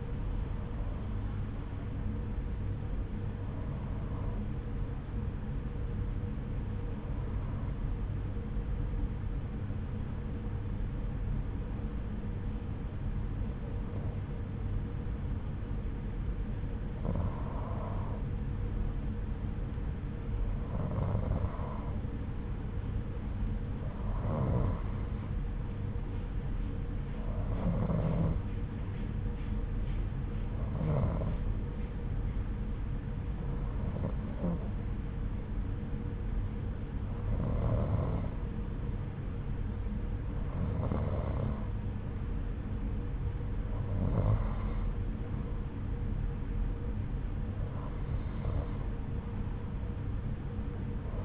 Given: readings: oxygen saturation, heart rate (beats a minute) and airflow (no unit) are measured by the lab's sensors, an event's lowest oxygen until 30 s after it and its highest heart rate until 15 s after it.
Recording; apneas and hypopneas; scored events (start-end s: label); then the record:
breathing in sleep by a smartphone at the bedside; 1
4.00-24.50 s: hypopnea (N2, oxygen 91% highest, then 89% lowest, heart rate 77 at the start, 85 highest)
From the record:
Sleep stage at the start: N2 (light sleep); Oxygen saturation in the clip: 89 to 92%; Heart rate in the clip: 75 to 85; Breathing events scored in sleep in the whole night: 303 in 8.1 hours asleep